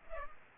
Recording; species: mosquito wingbeat signal from an infrared sensor; Culex pipiens